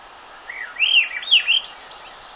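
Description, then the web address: Swainson's thrush song, a flute-like phrase of swirling notes that climbs steadily upward in pitch over about a second and a half, against a soft background hiss. "birdwatchernj birdsongs thrush swainsons"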